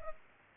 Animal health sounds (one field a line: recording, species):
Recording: mosquito wingbeat signal from an infrared sensor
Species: Culex pipiens